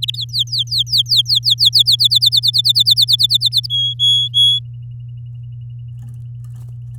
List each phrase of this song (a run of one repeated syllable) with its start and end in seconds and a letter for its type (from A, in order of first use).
0.02-0.16 A, 0.16-1.83 B, 1.86-3.67 C, 3.70-4.59 D